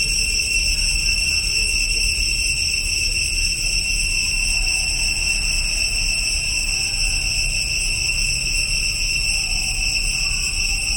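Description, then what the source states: Cicadas in a steady, unbroken high droning chorus with several stacked shrill tones, over a low rumble. Chorus recorded in Cambodia.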